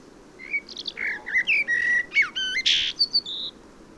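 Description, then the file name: Common blackbird song, a loud phrase of rich fluted whistles that slides through mellow notes, with a short harsh squeaky flourish near the end. "Turdus merula"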